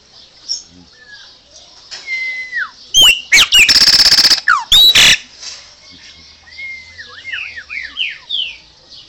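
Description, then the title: Chopi Blackbird song: scattered clear whistles slurring downward, a burst of loud harsh buzzy notes in the middle, then a rising-and-falling run of quick whistled phrases. "Passaro Preto"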